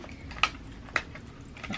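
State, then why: Partly seated. A hard plastic Casetify protective phone case is pressed onto a smartphone, giving two sharp clicks at 0.4 s and 1.0 s over a quiet background. Only one side of the case has snapped on so far; the case is not fully on yet.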